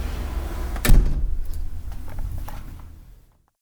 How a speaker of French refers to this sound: Elle rentre dans le corps et ferme la porte.